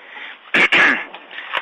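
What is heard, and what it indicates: Two quick harsh throat-clearing bursts from an adult man with a cold and a hoarse voice, heard over a narrow, radio-quality line.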